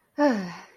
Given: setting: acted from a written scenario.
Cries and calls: vocal sound without words; pride

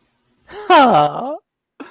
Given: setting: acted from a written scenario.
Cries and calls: vocal sound without words; positive surprise

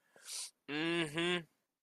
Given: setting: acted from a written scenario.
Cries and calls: vocal sound without words; pride

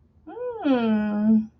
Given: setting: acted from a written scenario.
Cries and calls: vocal sound without words; realization

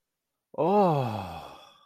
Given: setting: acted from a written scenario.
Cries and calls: vocal sound without words; ecstasy

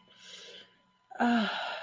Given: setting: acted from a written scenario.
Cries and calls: vocal sound without words; ecstasy

